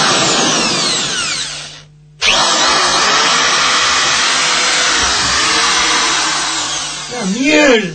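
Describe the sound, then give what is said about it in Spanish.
A new Black and Decker power drill whirs loudly in a steady, high-pitched buzz, cuts out briefly, then starts up again and runs on, its motor pitch wavering as it revs near the end. “¡Qué taladro!”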